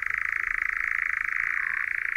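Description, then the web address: European nightjar churring, a continuous fast mechanical rattle held on one pitch, dipping slightly near the end. "Przyroda Ptaki Lelek"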